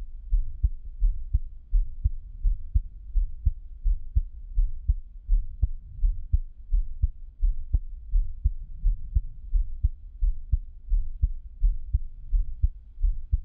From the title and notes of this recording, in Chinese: 獻上我的心跳 | Give my Heartbeat | NO Talking。